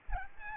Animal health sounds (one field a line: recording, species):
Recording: mosquito wingbeat signal from an infrared sensor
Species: Aedes aegypti